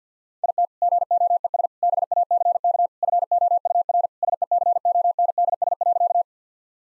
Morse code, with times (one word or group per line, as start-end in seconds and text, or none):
0.4-0.7 IT
0.8-1.7 GOES
1.8-2.9 BACK
3.0-4.1 FOUR
4.2-6.2 SECONDS.